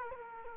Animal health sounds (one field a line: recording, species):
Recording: mosquito wingbeat signal from an infrared sensor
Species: Culex quinquefasciatus